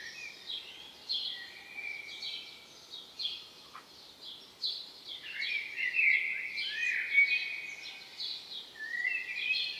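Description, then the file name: Common blackbird with faint high twittering that builds into louder, bright sliding chatter in the second half. "Turdus merula"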